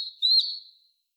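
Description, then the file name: European robin giving a single thin high whistle, held nearly level and fading out after under a second, with silence after it. "Erithacus rubecula"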